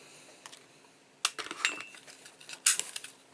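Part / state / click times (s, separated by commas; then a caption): pistol hammer catching on the sear / seated / 1.2 s, 2.7 s. On a Glock-type gas airsoft pistol, the hammer is cocked back until it catches on the sear, giving sharp metallic clicks at 1.2 s and 2.7 s along with lighter mechanical rattles between them. The hammer locks into the sear with a click.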